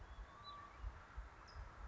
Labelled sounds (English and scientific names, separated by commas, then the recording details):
California Towhee (Melozone crissalis)
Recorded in Sonoma County, California